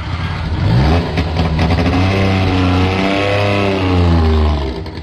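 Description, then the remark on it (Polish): An old Polish-designed Syrena car, a model produced from 1957, its two-stroke engine revving loudly and steadily for several seconds, the droning pitch climbing, dipping, then rising again, with no one speaking. “Wówczas to w 1957 roku rozpoczęto produkcję Syreny, samochodu polskiej konstrukcji.”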